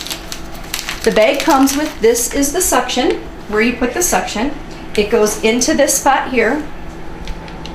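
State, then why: Seated. A suction valve is pushed into its port on a bronchoscope while someone talks, with a few small clicks and taps near the start. Toward the end, a sharp click at 7.7 s marks the valve clipping in and seating.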